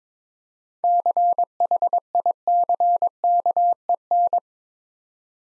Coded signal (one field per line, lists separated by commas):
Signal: Morse code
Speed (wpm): 26 wpm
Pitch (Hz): 700 Hz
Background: none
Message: CHICKEN